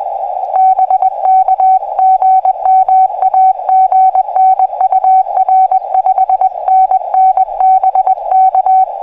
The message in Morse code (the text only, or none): BK GM AGN UR 5NN BK